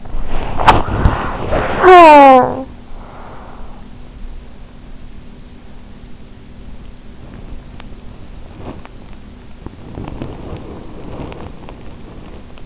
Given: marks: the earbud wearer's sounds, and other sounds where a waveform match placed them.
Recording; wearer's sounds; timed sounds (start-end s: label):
sounds in sleep by an in-ear microphone; body movement, talking in sleep, breath
0.00-1.74 s: body movement
1.74-2.84 s: talking in sleep
2.84-4.00 s: breath
7.49-12.66 s: body movement